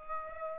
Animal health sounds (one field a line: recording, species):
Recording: mosquito wingbeat signal from an infrared sensor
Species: Culex pipiens